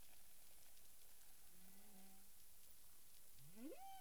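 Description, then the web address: Humpback whale song units: a low, wavering moan with faint higher overtones, then a steep upsweep that rises into a sustained higher tone, over steady underwater hiss. Recorded 9 April 2002 at 18:42 UTC. "CARIMAM. humpback whale"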